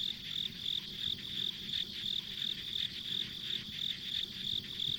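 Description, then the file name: Regular shrill insect pulses, close to three per second, continue throughout over a background hiss. Ambient insect sounds recorded on a country road. "田舎道の虫の環境音"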